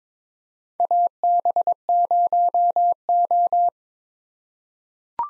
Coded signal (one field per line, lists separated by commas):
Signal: Morse code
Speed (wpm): 22 wpm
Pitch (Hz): 700 Hz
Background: none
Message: AB0O